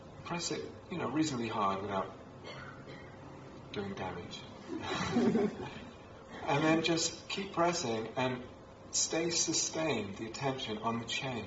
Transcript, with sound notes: Press it, you know, reasonably hard, without doing damage. [laughter] And then just keep pressing, and stay, sustain the attention on the change.